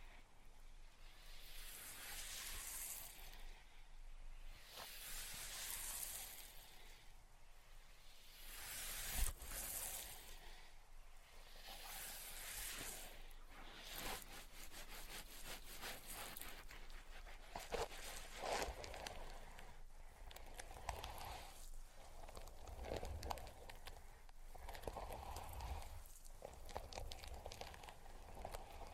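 Tapping, scratching and tracing sounds run through the whole stretch, with soft bright strokes swelling and fading every second or two in the first half. Later the scraping turns denser and grittier, with quick taps and a sharp knock near nine seconds.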